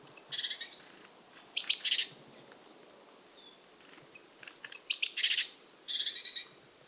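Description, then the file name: Eurasian blue tit giving several rasping, buzzy call bursts at irregular intervals over low background noise. "Cyanistes caeruleus"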